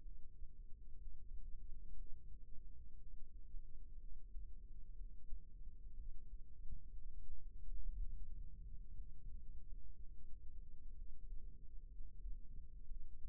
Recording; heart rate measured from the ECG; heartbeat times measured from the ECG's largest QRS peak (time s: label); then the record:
heart sounds by microphone in the right ear; 61 bpm
0.95 s: heartbeat
1.93 s: heartbeat
2.95 s: heartbeat
3.97 s: heartbeat
4.95 s: heartbeat
5.92 s: heartbeat
6.91 s: heartbeat
7.93 s: heartbeat
8.93 s: heartbeat
9.93 s: heartbeat
10.93 s: heartbeat
11.88 s: heartbeat
12.84 s: heartbeat
From the record:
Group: healthy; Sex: female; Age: 37 years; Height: 168 cm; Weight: 70 kg